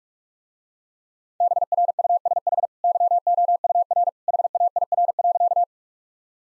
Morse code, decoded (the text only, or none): BRUSH YOUR HAIR.